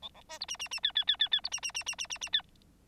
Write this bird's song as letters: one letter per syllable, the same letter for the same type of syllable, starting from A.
A A B C D D D E E E E E C D D D D D D D E